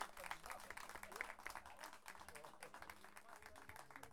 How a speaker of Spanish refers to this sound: Oye, muchas gracias. Gracias. Grande el aplauso nuevamente. Se lo merece.